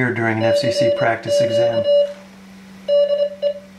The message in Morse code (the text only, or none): CQ DE